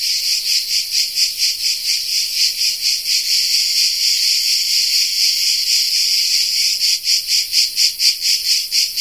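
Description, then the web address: Cicada song, a loud sizzling buzz pulsing steadily about twice a second, with slight variation in strength. Cicada of the genus Tettigia recorded in the Peloponnese in the morning. "Peloponnes akustik au Tettigia Cicada morning"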